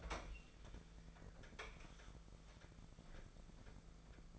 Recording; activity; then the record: daily activity, microphone in the room; open fridge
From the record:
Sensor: 5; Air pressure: 1015.0 hPa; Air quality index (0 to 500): 182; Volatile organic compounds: 7 ppm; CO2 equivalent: 2004 ppm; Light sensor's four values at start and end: 72/168/72/80 and 59/135/58/62